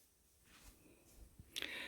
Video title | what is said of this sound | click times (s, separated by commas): Bissell Powerlifter ION Pet stick Vacuum Review | and store it and then it just snaps back into place | 1.6 s